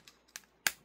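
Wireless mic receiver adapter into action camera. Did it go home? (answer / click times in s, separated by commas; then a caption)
yes / 0.7 s. A DJI Mic Mini wireless mic receiver adapter is pushed onto the USB-C side port of an Insta360 Ace Pro action camera. A few faint ticks come before a single sharp, loud snap at 0.7 s. The adapter clicks into place, fully seated.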